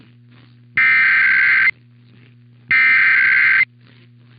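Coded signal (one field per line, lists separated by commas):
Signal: Emergency Alert System (SAME) tones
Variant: header bursts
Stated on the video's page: Monthly tests and a NOAA Weather Radio weekly test.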